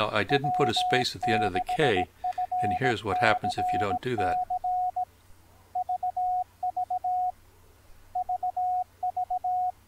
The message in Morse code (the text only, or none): W6FCC VV VV